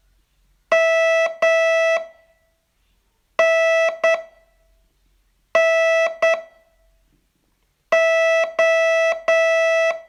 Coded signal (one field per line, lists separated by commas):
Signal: Morse code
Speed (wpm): 9 wpm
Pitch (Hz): 660 Hz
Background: none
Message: M N N O